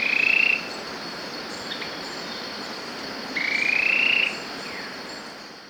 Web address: Natures Songs S America Birds of Ecuador Yellow Tyrannulet